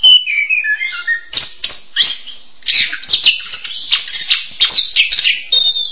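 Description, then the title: Bird song opening with a series of clear whistled notes stepping downward, then breaking into fast, scratchy chattering and chirps that continue to the end. "kikicau"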